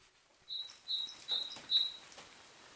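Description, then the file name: Great tit calls: four high notes repeated at an even pace, with faint background hiss. "Parus major"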